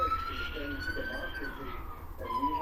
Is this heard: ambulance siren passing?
yes